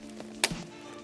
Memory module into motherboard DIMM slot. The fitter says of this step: clicks there you go